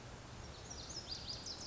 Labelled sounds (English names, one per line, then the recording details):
Lazuli Bunting
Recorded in Sonoma County, California